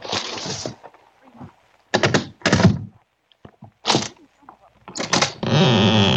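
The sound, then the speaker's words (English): Several short, hissing scrapes of a paper letter sliding under the door of a flat, broken by soft knocks and thunks, then a longer steady rasp as the door swings open. No one speaks. “Hey, put it under the door.”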